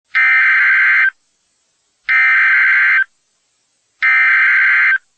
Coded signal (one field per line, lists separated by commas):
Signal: Emergency Alert System (SAME) tones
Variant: header bursts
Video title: 14th March 2024 - EF3 Tornado - Wapakoneta, Russells Point, Lakeview, Ohio - NOAA Weather Radio